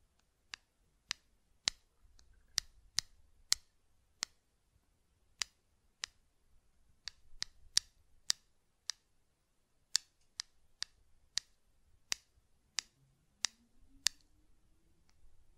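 Sharp, bright button clicks and taps sound one at a time, roughly every half second to second across the whole stretch, with slightly uneven spacing. Each click is crisp and very short. A faint low rumble sits underneath, and a soft rising tone appears near the end.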